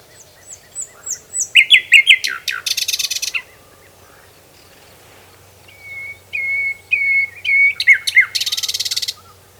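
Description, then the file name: Common nightingale song with varied chirps building into a loud harsh rattle, then after a short pause a run of clear repeated notes closing in a buzzy trill. "Luscinia megarhynchos"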